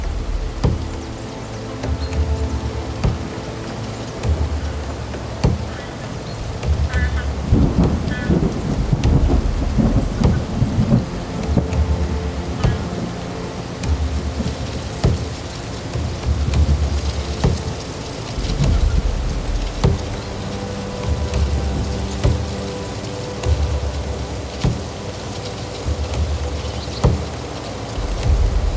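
Wind and weather recorded on the Hochgern: a steady rush of rain and gusts fills the whole clip, with deep rumbling pulses in the low end roughly every couple of seconds. Around seven to ten seconds the rumble swells louder, and brief crackling taps scatter throughout.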